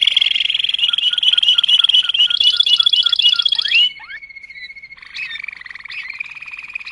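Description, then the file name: Canary song: a sustained rapid roll with bubbling lower notes, then a quick slurred break into a softer, lower continuous trill. Waterslager breed canary, singing. "canto do canario waterslager"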